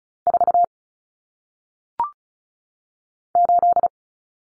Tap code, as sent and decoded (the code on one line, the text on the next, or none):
none